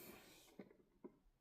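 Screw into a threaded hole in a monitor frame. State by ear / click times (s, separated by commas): not seated / none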